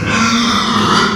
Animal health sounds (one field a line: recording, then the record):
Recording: squeal of a Yucatan mini pig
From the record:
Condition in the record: after surgery on the right vocal fold (resection and tissue-engineered implant)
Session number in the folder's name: 17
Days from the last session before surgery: 195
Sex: female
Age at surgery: 19 weeks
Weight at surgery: 25 kg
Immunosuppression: prednisolone